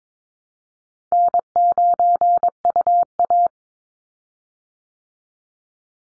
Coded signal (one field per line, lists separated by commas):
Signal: Morse code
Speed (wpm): 22 wpm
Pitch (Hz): 700 Hz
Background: none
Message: N9UA